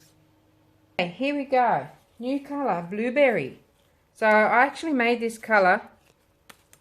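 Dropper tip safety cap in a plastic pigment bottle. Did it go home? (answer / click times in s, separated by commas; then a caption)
released / 6.5 s. Someone talks, then a sharp click at 6.5 s as the dropper tip safety cap of a plastic pigment bottle is worked free. The safety lock that had lodged the tip in place releases, and the dropper is now free.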